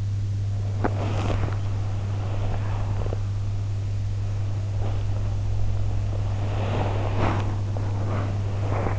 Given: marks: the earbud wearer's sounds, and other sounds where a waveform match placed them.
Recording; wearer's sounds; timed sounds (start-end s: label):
sounds in sleep by an in-ear microphone; body movement
0.78-3.26 s: body movement
4.54-8.99 s: body movement